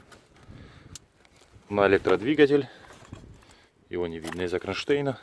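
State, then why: Not seated. A wiring connector is being pushed onto the clutch actuator's electric motor on a Toyota Corolla, where the motor is hidden behind a bracket. Someone talks over faint handling noises and a few brief ticks. Nothing has seated or clicked yet.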